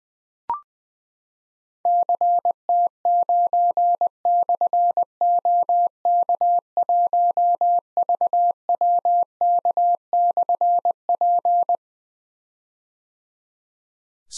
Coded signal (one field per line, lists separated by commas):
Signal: Morse code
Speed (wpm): 21 wpm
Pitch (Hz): 700 Hz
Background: none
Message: CT9/OK1VWK/P